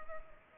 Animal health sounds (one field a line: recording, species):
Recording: mosquito wingbeat signal from an infrared sensor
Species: Culex pipiens